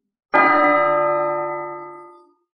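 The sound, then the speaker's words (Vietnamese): A single bell strike rings out with a bright metallic onset and layered harmonic overtones, then sustains and slowly fades over about two seconds. No voices are heard. “Tiếng chuông vang vang, cả tòa Tu Di Sơn lập tức hào quang hừng hực hơn rất nhiều lần, như là một vùng đất lạnh thần thoại khiến người ta hít thở không thông.”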